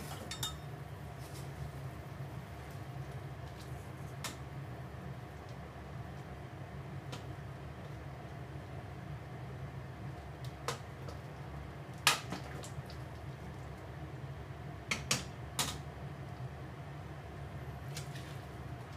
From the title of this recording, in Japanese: 料理の音